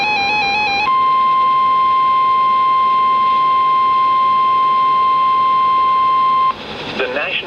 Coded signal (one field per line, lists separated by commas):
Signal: Emergency Alert System (SAME) tones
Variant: 1050 Hz attention tone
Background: speech, music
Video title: Severe Thunderstorm Warning (EAS #1,015) 7/7/17